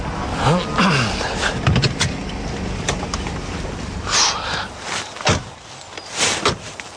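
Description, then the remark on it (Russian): A car rolls along with steady engine and road noise that eases off as it comes to a stop, followed by a few sharp clicks and thumps. “Тут притормози.”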